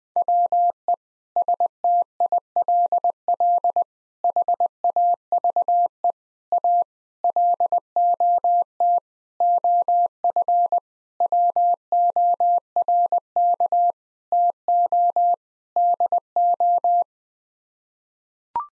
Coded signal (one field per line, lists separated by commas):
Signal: Morse code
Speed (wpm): 20 wpm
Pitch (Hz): 700 Hz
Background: none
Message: WE STILL HAVE A LOT OF WORK TO DO